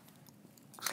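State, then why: Seated. A fountain pen with a metal section has its cap pushed onto the pen body, giving a few faint small ticks before a bright, sharp snap at 0.9 s as the cap locks into place. The cap seats closed with that click, and no one talks during the clip.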